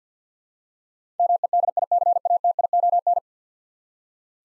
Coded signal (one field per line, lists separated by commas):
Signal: Morse code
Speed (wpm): 52 wpm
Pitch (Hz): 700 Hz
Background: none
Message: MEDICATION